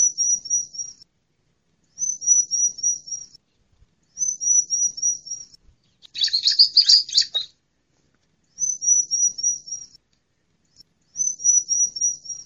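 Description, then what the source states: Bar-winged prinia calling: a high, thin trilled phrase of rapid looping notes, repeated about every two seconds, with one burst of harsh scratchy notes midway. Female.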